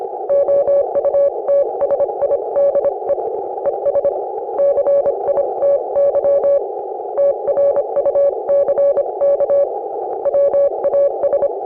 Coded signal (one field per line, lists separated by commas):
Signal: Morse code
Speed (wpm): 28 wpm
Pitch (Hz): 560 Hz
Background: none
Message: OUTSIDE ES CITY TRUCK WAS